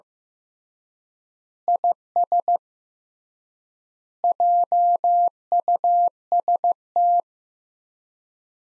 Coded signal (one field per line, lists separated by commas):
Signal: Morse code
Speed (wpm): 15 wpm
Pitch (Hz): 700 Hz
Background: none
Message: IS JUST